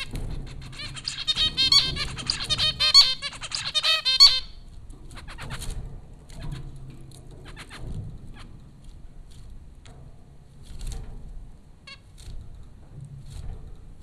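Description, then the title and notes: Zebra finches give a busy burst of nasal, buzzy beeps for about four seconds, then only scattered soft calls over a low background hum. Several zebra finches, recorded at Popcorn School, Flatbush, Brooklyn, New York, in April 2009 (15 April). "Dronecast: The Popcorn Finches Four from Apr 15, 2009. Zebra finches recorded by Dan Bodah at Popcorn School, Flatbush, Brooklyn NY in April 2009"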